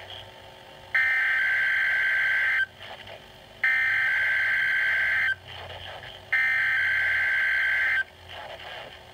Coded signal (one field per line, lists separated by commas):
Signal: Emergency Alert System (SAME) tones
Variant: header bursts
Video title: NOAA Radio (EAS 55, 56) Required Weekly Tests